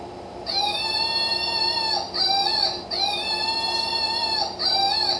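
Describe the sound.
Monkey giving four long, drawn-out wailing calls rich in harmonics, longer ones alternating with shorter ones, over a faint steady hum.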